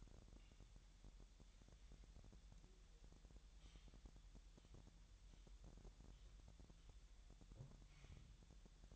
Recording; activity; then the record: daily activity, microphone in the room; wipe stove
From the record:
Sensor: 3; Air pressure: 1001.1 hPa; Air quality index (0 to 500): 249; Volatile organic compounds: 180 ppm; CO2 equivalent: 4144 ppm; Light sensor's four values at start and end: 8/19/7/7 and 8/20/8/7